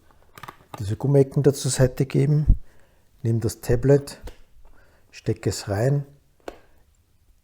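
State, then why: Seated. An Oukitel RT3 Pro rugged 8-inch outdoor tablet is inserted into a 3D-printed, vibration-damped motorcycle navigation holder cradle after its rubber corners are moved aside. Someone talks throughout, with a few faint taps near the start. A sharp click at 6.5 s marks the tablet seating securely in the holder.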